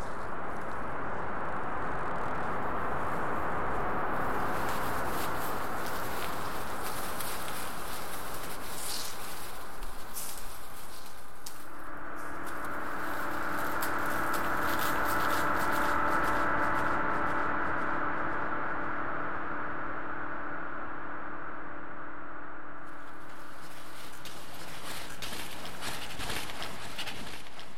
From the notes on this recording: generative ambient composition made of normally distributed sounds including recorded samples (paper, snow, salt) and synthesized microtonal chords